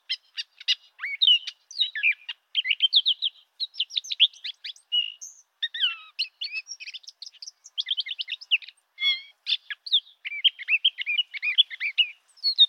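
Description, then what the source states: Brown thrasher song, a rapid, varied run of short whistled slides, chirps and buzzy notes, with no other sounds. Four short song strings of repeated motifs, short whistles, glides, mimicry and buzzes; long song.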